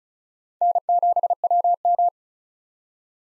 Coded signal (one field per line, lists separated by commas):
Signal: Morse code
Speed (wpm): 36 wpm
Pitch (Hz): 700 Hz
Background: none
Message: N7WM